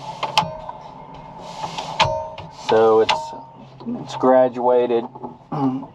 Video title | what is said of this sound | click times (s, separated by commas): CAT 285 vs Articulating Dump Truck | so it locks into place. you don't have to put the lock in up here at the top. | 0.4 s, 2.0 s